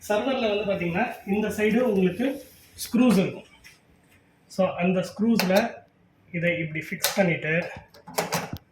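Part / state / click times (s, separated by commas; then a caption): inner rail on server chassis side pins / not seated / none. An inner rail from the rail kit of an HPE ProLiant DL380 Gen10 server is handled and placed over the screw pins on the side of the server chassis. Someone talks throughout, and two brief sharp clicks or taps are heard near the end at about 8.6 s and 8.8 s. The rail has not yet seated or locked onto the chassis pins by the end.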